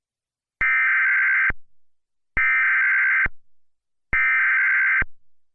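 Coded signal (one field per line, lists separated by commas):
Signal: Emergency Alert System (SAME) tones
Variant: header bursts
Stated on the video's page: Fictional EAS scenario about a wildfire, with valid tones.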